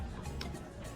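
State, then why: Not seated. A wiper blade connector is pushed toward the hook and slot on a car's wiper arm over steady background music, with one brief sharp tick near 0.4 s. Nothing has seated or clicked yet; the blade is still being handled and is not yet locked home.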